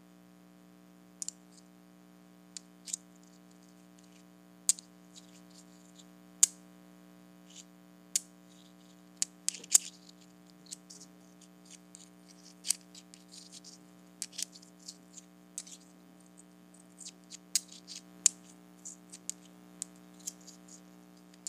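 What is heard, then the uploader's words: Tiny rocks are tapped together in short, sharp clicks, scattered irregularly, sometimes singly, sometimes in quick little clusters, with a busier stretch in the second half. A steady low hum runs underneath the whole time. ASMR Tapping Tiny Rocks Together.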